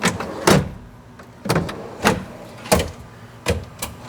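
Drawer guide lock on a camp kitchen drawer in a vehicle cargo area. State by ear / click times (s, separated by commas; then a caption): seated / 0.5 s, 2.7 s. A single camp kitchen drawer in the cargo area of a Jeep JKU Rubicon is cycled open and closed on its metal lock-in/lock-out drawer guides, giving a series of sharp mechanical clacks and sliding knocks. The guide latch clicks into place at 0.5 s and 2.7 s, locking the drawer both open and closed as it should.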